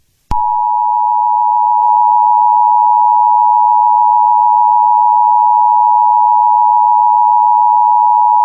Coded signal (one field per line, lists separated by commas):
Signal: Emergency Alert System (SAME) tones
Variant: 853 and 960 Hz attention tone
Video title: 107.5 PRWX-FM Currently Undergoes the EAS